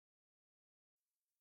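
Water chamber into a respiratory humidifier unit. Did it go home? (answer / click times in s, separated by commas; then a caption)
no / none. A water chamber is being slid into the base of an AIRVO 2 respiratory humidifier and pushed all the way in so its plastic finger guard will click into place. The clip is silent until about 1.0 s, then a steady broadband hiss runs to the end. Nothing has seated or clicked yet.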